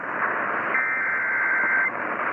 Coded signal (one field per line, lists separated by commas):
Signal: Emergency Alert System (SAME) tones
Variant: header bursts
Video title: BILLY MAYS: BUT I'M NOT DONE YET!! EAS Alerts from 3/28/20 - 3/29/20 (EAS #3,839 - 3,850)